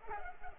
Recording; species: mosquito wingbeat signal from an infrared sensor; Culex pipiens